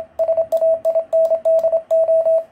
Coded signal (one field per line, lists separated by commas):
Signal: Morse code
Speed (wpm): 27 wpm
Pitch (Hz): 650 Hz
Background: radio noise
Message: SAINDO